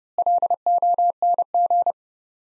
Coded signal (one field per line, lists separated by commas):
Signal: Morse code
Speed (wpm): 29 wpm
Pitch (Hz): 700 Hz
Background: none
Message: LONG